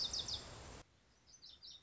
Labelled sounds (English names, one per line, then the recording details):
Lazuli Bunting
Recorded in Sonoma County, California